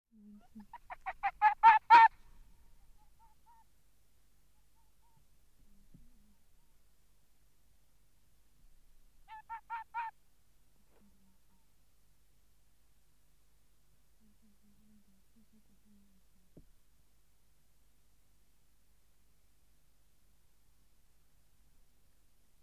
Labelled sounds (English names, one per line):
Arctic Fox